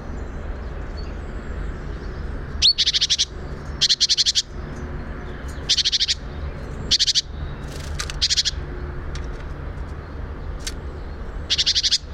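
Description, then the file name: Great tit rattling calls: several dry chattering bursts of quick high notes, over a steady low background hum. "Parus major"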